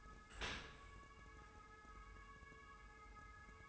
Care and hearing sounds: daily activity, microphone in the room; open dishwasher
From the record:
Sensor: 2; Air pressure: 1014.8 hPa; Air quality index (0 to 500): 26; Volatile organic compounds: 1 ppm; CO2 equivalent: 507 ppm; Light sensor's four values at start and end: 10/23/9/10 and 10/23/9/10

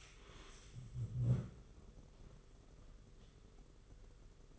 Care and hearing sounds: daily activity, microphone in the room; stand up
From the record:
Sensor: 4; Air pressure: 991.4 hPa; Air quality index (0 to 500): 139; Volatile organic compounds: 59 ppm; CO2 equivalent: 3407 ppm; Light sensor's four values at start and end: 23/76/28/29 and 23/75/28/29

